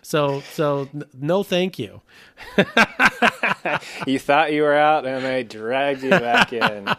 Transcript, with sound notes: So, no thank you! (LAUGHS)
You thought you were out, and I dragged you back in.